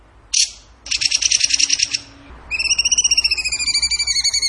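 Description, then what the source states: Bird song opening with a sharp single note, then a fast rattling trill, then a quick series of clear, slightly rising whistled notes repeated in rapid succession. Masteran (training recording) in the tembakan gacor song style.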